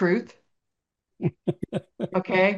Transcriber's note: laughs